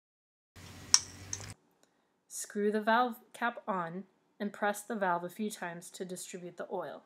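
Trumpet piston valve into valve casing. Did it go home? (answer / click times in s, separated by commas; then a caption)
yes / 0.9 s. An oiled trumpet piston valve, number 1, sits in the valve casing closest to the mouthpiece, and its top is turned until the valve guide drops into its slot. After faint rustling, a sharp click at 0.9 s marks the valve seating in place, followed by a softer tick. Someone then talks.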